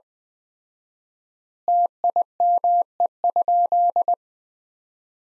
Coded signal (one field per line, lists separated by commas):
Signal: Morse code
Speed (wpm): 21 wpm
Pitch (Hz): 700 Hz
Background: none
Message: TIME?